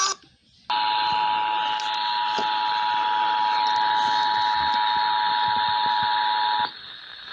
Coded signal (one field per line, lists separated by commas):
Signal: Emergency Alert System (SAME) tones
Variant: 853 and 960 Hz attention tone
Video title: DERECHO CHAOS AND ITS FALLOUT (EAS Alerts from June 3rd and 4th 376-416)